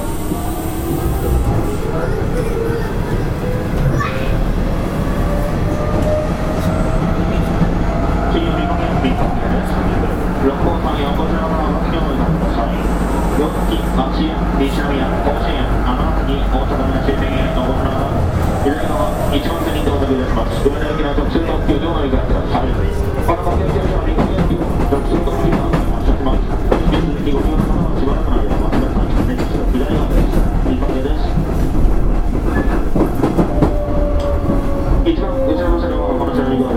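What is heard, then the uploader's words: A Hanshin Electric Railway 5500 series train runs steadily, its deep rumble constant throughout with rising and falling motor whine tones sweeping through the middle range. Rapid clicks and clatter of wheels on track scatter across the whole clip, with faint voices mixed in. 阪神電気鉄道 5500系電車の走行音です。 普通列車で録音しました。 区間は、高速神戸から御影までです。 Running sound of the Hanshin Electric Railway 5500 series train.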